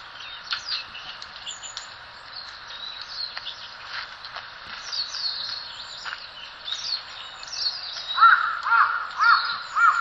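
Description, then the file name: Red-billed leiothrix calls: busy high chattering and warbled notes throughout, ending with a few short harsh chevron-shaped notes repeated about twice a second. Recorded in Sasakubo valley. "ソウシチョウ 笹窪谷Ｐ"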